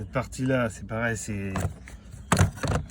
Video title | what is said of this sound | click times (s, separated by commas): Remplacer le joint de vitre sur toyota corolla | clipsé, donc on l'enlève et on enlève la prise qui est là comme ça, qui | 2.3 s